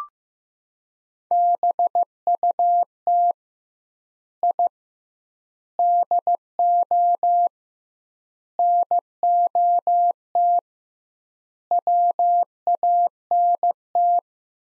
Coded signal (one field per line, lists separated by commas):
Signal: Morse code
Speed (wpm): 15 wpm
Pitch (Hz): 700 Hz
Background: none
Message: BUT I DO NOT WANT